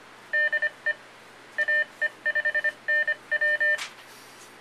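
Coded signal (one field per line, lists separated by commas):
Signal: Morse code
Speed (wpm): 25 wpm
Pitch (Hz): 1800 Hz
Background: none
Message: DE AE5NW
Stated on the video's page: Morse ID from an Arduino fox hunt IDer and controller, driving an old Heathkit handheld transceiver.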